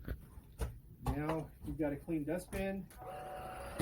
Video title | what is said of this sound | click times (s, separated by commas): Regina Lightweight Cordless Vacuum | and you push it back in until you get a click | 1.1 s